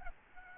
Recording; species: mosquito wingbeat signal from an infrared sensor; Aedes albopictus